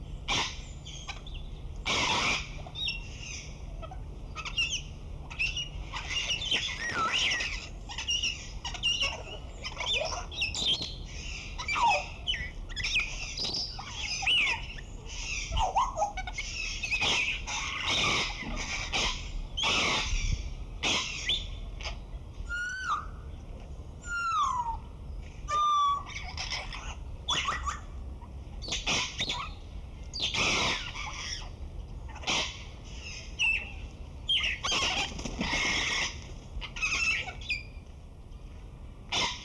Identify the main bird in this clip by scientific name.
Psittacus erithacus